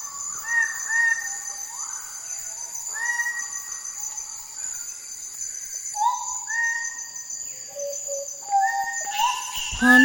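Greater bird-of-paradise calling with ringing, slurred notes in scattered bursts, each note rising then levelling, while insects keep up a continuous high-pitched drone.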